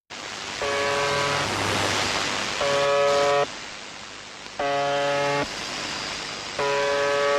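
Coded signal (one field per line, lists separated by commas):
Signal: numbers station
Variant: UVB-76 (The Buzzer)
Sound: four short, harsh, droning buzzes about two seconds apart over hissing static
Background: radio static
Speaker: uvb-76 technically isn't a number station as uvb-76 doesn't use the standard four or five digit number group format instead it uses a technique known as monolith messages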